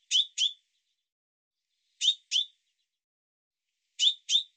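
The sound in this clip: Bird calling with brisk, high, metallic double notes, three pairs about two seconds apart, with nothing else audible.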